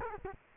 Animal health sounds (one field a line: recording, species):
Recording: mosquito wingbeat signal from an infrared sensor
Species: Culex quinquefasciatus